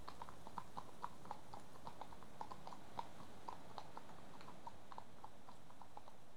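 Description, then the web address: Horse hooves clopping softly at a walk, a quiet steady rhythm of light knocks over a low rumbling background. Two horses passing at a walk on tarmac. "BBC Sound Effects Library BBC 37-Horses. Two horses pass at walk on tarmac"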